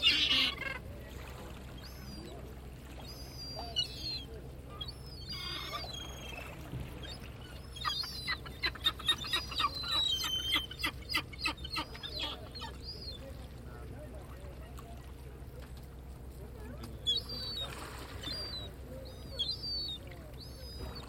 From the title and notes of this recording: Fishing port, Baleeira. My visit to Baleeira in Sagres was a revelation. Various breeds of Atlantic seagulls, gracefully scavenging the remnants of mussels being cleaned by two diligent fishermen.